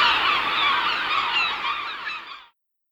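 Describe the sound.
Herring gull chorus of many overlapping harsh cries, steady for about two seconds, then fading out into silence.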